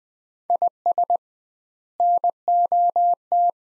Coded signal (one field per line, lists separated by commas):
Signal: Morse code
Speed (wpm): 21 wpm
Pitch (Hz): 700 Hz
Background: none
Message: IS NOT